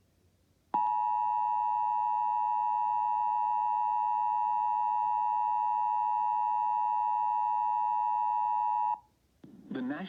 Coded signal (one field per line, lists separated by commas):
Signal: Emergency Alert System (SAME) tones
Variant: 853 and 960 Hz attention tone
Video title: No EOMs? Severe Thunderstorm Warning On WCHS-AM 7/6/22 (EAS #1362)